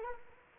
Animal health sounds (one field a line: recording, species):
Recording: mosquito wingbeat signal from an infrared sensor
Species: Anopheles arabiensis